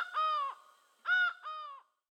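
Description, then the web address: Laughing falcon calling: loud nasal harmonic notes, one long then a close pair, clear and unaccompanied. South America. "Natures Songs S America Laughing Falcon"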